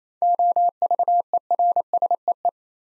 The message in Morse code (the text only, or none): OVERSEE